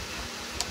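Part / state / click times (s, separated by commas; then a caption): toy aircraft wing in its pivot joint / seated / 0.6 s. A plastic wing on a G.I. Joe Retaliation Ghost Hawk 2 toy aircraft is pivoted in its ratcheting joint into vertical takeoff mode over a steady broadband background hiss. A single short, bright click sounds at 0.6 s as the wing seats in position and holds firmly.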